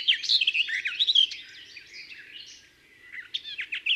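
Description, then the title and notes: Garden warbler song: continuous, rapid, mellow warbling with varied fluty notes, dipping briefly in volume near the middle. Discreet in plumage but a marvellous singer. "Observation sonore - La Fauvette des jardins. Rencontre avec la Fauvette des jardins (Sylvia borin)"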